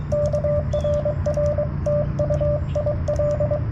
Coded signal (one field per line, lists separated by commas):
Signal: Morse code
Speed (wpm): 23 wpm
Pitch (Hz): 590 Hz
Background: radio noise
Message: K RR TU IL